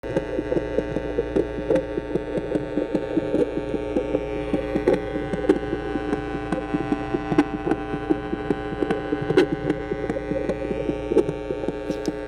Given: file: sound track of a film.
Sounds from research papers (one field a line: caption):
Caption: Assessment of heart rate in a neonatal puppy with vascular Doppler.